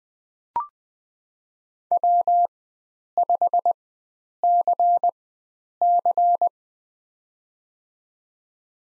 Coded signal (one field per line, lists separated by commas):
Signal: Morse code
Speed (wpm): 20 wpm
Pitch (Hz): 700 Hz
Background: none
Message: W5CC